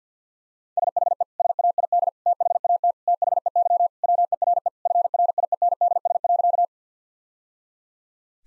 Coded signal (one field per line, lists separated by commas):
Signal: Morse code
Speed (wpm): 50 wpm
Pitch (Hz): 700 Hz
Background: none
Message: SHE SAID THAT THEY WERE FRIENDS.